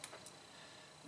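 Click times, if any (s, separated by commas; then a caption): 0.0 s. A metal self-tapping screw is turned backwards in a plastic post of an Atari 130XE computer keyboard case. A small, sharp click at 0.0 s shows the screw dropping onto the existing thread, and a fainter tick follows at about 0.3 s. The screw has seated on the thread and is ready to be tightened.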